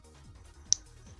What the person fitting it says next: Ça s'emboîte bien.